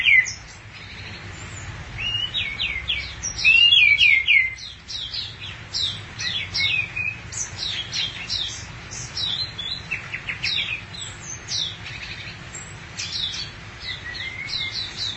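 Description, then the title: Thrush song, a long run of varied high chirps, trills and slurred whistles, loudest around three to four seconds, over faint low background hum. "burung anis x"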